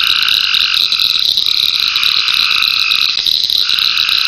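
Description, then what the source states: Frogs in a dense, steady chorus of overlapping shrill trilling bands, with a fast high pulsing insect buzz above throughout. Frogs in ponds near a pond in a forest wildlife management area, with crickets and cicadas.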